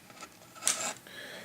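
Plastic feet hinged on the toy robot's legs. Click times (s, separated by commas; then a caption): 0.7 s. The plastic feet hinged on the legs of a plastic transforming robot toy are opened, giving a sharp, bright click at 0.7 s followed by a short rustling handling noise. A quieter, sustained scraping sound follows from about 1.1 s, and the feet click open.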